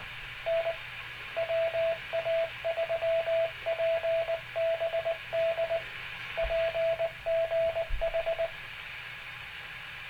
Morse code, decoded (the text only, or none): N WA3PBD PGH